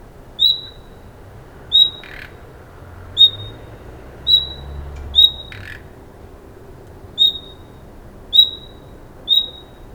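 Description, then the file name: Common nightingale calls: a thin, high whistled note repeated about every one to one and a half seconds, with a couple of brief rasping clicks in between. "Luscinia megarhynchos"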